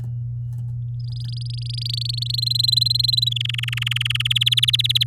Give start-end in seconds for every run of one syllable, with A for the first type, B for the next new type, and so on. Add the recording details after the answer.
1.00-2.40 A, 2.42-3.29 B, 3.31-4.28 C, 4.30-5.04 D. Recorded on 8 May 2018 at 10:39. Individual llb16